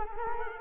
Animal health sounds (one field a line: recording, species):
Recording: mosquito wingbeat signal from an infrared sensor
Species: Culex quinquefasciatus